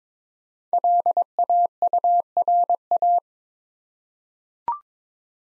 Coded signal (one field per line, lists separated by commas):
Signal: Morse code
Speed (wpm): 22 wpm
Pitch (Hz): 700 Hz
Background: none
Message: LAURA